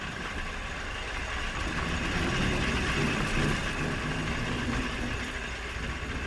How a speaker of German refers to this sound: Sie hatten recht, Herr Maybach. Der Motor läuft in der Tat ruhiger. Mir scheint auch zuverlässiger. Ich hätte nicht gedacht, dass der Magnetzünder von Herrn Bosch das tatsächlich zustande bringt.